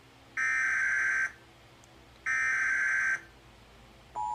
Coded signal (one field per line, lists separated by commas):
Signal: Emergency Alert System (SAME) tones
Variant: header bursts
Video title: NOAA EAS Alert #32/ TV EAS Alert #17: Flash Flood Warning (FFW) San Bernardino County, CA